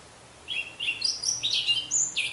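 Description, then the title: Orange-headed thrush song: a rapid, varied phrase of jumbled whistles and buzzy notes jumping between pitches, continuous for about two seconds over faint hiss. "Anis Merah"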